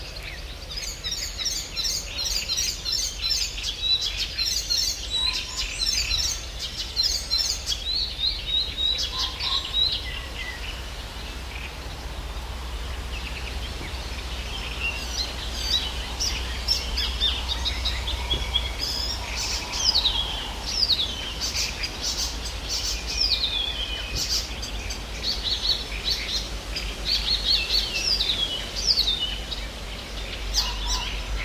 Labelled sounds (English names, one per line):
Icterine Warbler